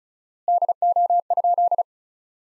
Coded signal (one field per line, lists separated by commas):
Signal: Morse code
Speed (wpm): 36 wpm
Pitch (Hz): 700 Hz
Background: none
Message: DO?